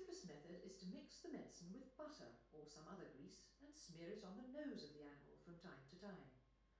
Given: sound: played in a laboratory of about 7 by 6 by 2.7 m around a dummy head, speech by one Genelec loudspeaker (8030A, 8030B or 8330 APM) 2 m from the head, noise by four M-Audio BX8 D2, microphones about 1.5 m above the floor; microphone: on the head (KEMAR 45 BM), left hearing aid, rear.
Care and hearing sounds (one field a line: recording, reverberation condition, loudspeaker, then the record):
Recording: female speech in English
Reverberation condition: medium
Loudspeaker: 60 degrees to the right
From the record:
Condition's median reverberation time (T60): about 510 ms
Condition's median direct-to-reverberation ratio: about -0.5 dB